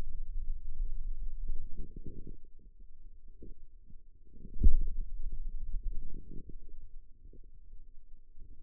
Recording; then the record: forearm muscle sounds (acoustic myography)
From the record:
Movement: pen grasping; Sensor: system 2, bracelet of six BSWA MPA416 microphones around the upper forearm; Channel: 2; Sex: male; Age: 22 years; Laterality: right